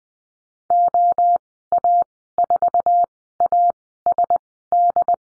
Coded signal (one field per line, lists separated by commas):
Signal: Morse code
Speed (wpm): 20 wpm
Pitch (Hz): 700 Hz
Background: none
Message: OA4ASD